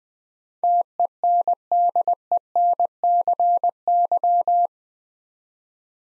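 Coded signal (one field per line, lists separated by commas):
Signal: Morse code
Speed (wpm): 21 wpm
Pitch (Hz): 700 Hz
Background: none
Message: TENDENCY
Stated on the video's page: Morse head-copy drill of eight-letter words at 20 wpm, each word sent twice.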